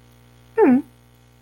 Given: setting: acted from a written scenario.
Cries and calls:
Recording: vocal sound without words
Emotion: neutral

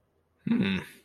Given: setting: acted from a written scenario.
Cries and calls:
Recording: vocal sound without words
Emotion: interest

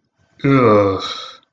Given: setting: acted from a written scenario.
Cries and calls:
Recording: vocal sound without words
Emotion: disgust

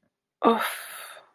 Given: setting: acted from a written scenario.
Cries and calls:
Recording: vocal sound without words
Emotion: disappointment

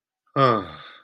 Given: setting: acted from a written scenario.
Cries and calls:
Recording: vocal sound without words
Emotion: sympathy

